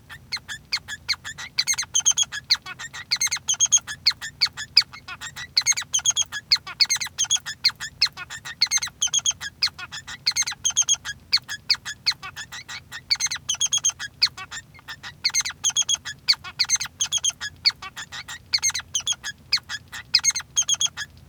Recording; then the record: song of a male Bengalese finch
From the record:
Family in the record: son of father 3